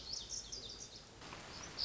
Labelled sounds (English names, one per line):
Lazuli Bunting